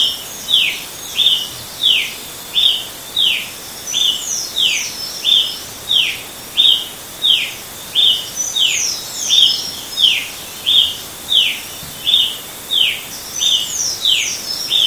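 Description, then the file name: Brazilian tanager giving a long, steady series of short, sharp chip notes, each dropping slightly in pitch, with faint high twitters behind. Recorded in Itatiaia National Park, Brazil, at 6 am; date given as 10-1-14; recordist A. Silveira. "Ramphocelus-bresilius-PNItatiaia-BR-10-1-14-ASilveira-6 am"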